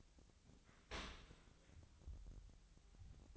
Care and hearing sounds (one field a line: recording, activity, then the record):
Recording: daily activity, microphone in the room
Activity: open dishwasher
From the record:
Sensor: 3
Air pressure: 1003.1 hPa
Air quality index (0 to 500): 196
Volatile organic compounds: 6 ppm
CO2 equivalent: 1922 ppm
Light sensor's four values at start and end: 33/82/35/38 and 33/82/35/38